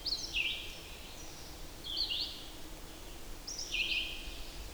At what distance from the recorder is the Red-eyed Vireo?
about 35 m